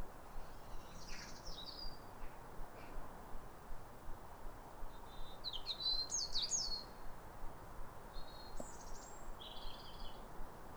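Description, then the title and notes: European robin singing scattered high, thin phrases with fast twittery flourishes and clear whistled notes separated by pauses, above a soft continuous background hiss. Pair of robins in neighbouring gardens singing a duet at a clear, calm, rosy New Year sunrise in winter, after weeks of rain; recorded by Fergus Collins. "Sound Escape 150: Be uplifted by a chorus of New Year's robins. A pair of robins in neighbouring gardens welcome the early sun with wistful phrases as if chatting over the fence. It's a duet to warm the soul in the depths of winter. Recorded by Fergus Collins"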